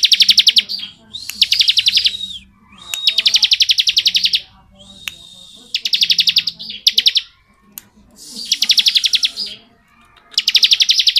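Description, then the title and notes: Bar-winged prinia repeating high, rapid buzzing trills in about six bursts, some with thin whistled slurs, plus scattered clicks. Ciblek 'ngebren' song style, used as tutor audio for white-rumped shamas (murai batu). "Ciblek Ngebren Untuk Masteran Murai Batu. Suara burung ciblek - Suara Nada"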